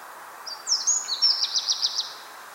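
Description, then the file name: Eurasian wren calling with a high thin sweep and whistle, then a run of several quick repeated pulses, steady hiss underneath. "Troglodytes troglodytes"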